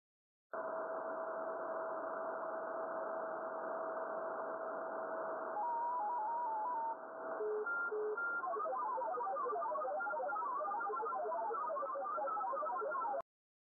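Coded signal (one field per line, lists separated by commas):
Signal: multi-tone FSK (Olivia or MFSK type)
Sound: hiss with a steady tone, alternating high-low beeps, then rapid random-pitch tone hopping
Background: radio static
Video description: Short QSO with Rob, G7LAS on Olivia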